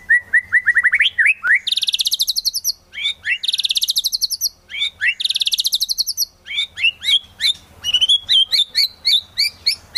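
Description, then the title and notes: White-rumped shama song: low whistled notes rising into dense buzzy trills repeated three times, then a string of quick varied chirps; faint low hum behind. Long-duration song used as a lure for trapping. "Pikat Murai Batu Durasi Panjang. Burung Murai Batu"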